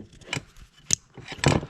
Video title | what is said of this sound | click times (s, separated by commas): Replacing the fuel pump on my 1996 Toyota Camry | All right, that was a satisfying little click. | 0.9 s